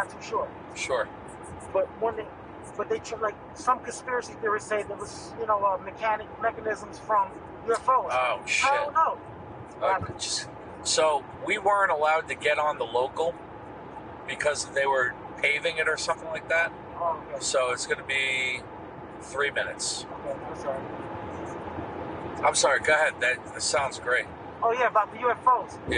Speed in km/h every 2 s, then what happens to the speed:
93, 90, 90, 95, 95, 95, 95, 97, 98, 98, 98, 100, 100.
0-26 speeds up to 100.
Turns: none.